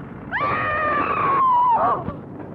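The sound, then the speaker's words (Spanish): In the film King Kong (1933), in its 1965 Spanish dub, the character Ann lets out one long, high-pitched scream of terror, loud and sustained for over a second before it wavers, drops slightly and breaks off. “Tápate los ojos con el brazo y grita. Grita con todas tus fuerzas.”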